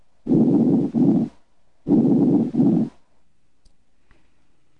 Diminished breath sounds, pleural effusion is the accumulation of fluid in the pleural space. Breath sounds are diminished or absent over a pleural effusion.